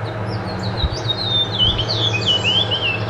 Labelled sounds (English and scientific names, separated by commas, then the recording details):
House Finch (Haemorhous mexicanus) song
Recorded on Long Island, New York, on 22 June 2011
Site IT
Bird A